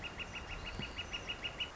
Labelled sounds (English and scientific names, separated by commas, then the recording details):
Northern Flicker (Colaptes auratus)
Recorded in Sonoma County, California